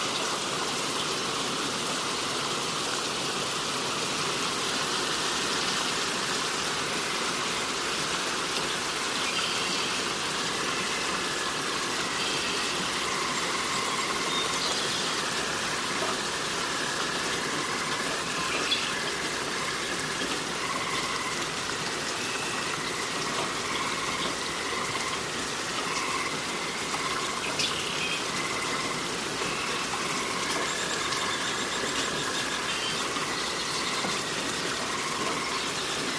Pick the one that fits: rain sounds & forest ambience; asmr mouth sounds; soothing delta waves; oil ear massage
rain sounds & forest ambience